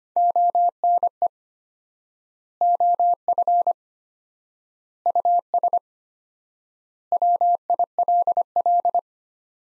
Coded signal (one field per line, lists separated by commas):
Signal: Morse code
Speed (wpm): 25 wpm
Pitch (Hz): 700 Hz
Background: none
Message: ONE OF US WILL